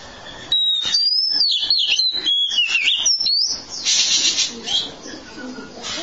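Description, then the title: Oriental magpie-robin song: a quick run of wavering high whistles for about three seconds, then a burst of hissy noise. Long-duration song. "Kacer Durasi Panjang"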